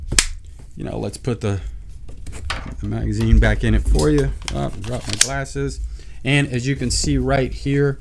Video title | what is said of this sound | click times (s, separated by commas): KEL TEC SUB 2000 | she'll lock into place here and | 0.2 s